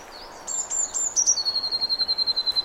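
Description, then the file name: Eurasian blue tit with high thin opening notes followed by a fast, regular trill that keeps going to the end, over light background hiss. "Cyanistes caeruleus"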